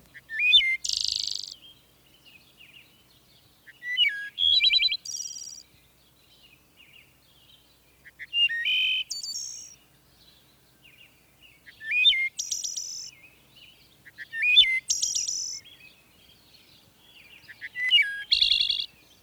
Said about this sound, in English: Followed by the liquid phrases of the wood thrush.